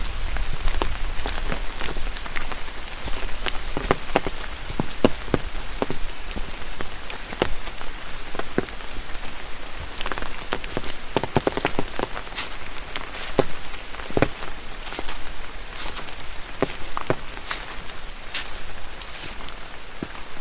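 Rain patters on an umbrella in a dense, steady hiss, with sharper drops tapping at irregular moments throughout, clustering around the middle and later stretches. Underneath runs a faint low rumble, and the level stays fairly even for the whole twenty seconds.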